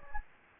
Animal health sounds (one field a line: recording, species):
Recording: mosquito wingbeat signal from an infrared sensor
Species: Anopheles gambiae